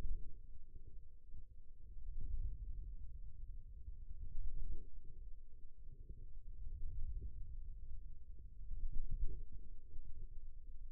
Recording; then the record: forearm muscle sounds (acoustic myography)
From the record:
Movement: wrist extension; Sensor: system 2, bracelet of six BSWA MPA416 microphones around the upper forearm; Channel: 3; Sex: male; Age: 22 years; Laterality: right